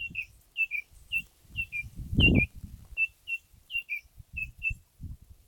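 Bird calls, bright paired chirps repeated about twice a second, with soft low thumps and one louder knock midway.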